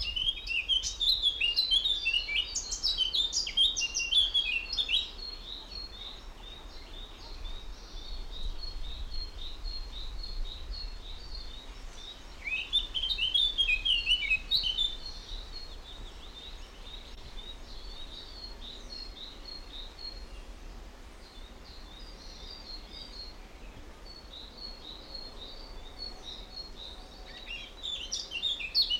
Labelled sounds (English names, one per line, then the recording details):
Eurasian Blackcap
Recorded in the wild
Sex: male
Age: adult
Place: Mühlenbeck, am Tegeler Fließ, Brandenburg, DE
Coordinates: 52.596, 13.282
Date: 1992-05-31 10:25
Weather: sonnig, 22-25 °C
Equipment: Marantz CP 430, Sennheiser ME 80, K 30 AV, Kopie Tesla B 116
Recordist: Tembrock, Günter
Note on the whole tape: Fließteiche bei Mühlenbeck; Gesang (ca. 15 Strophen) (sehr gut)